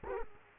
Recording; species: mosquito wingbeat signal from an infrared sensor; Culex quinquefasciatus